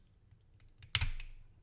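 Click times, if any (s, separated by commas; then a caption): 1.0 s. A plastic LEGO foot is pressed onto a LEGO build, and a few faint taps are followed by one sharp, bright click at 0.9 s. A softer rattle at 1.0 and 1.2 s trails off. The foot seats firmly on the build.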